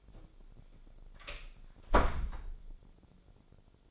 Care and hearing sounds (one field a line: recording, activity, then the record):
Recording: daily activity, microphone in the room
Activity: close door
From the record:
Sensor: 5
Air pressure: 1007.2 hPa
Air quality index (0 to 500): 167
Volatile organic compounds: 4 ppm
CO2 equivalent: 1602 ppm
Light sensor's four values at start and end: 56/159/62/62 and 55/157/61/61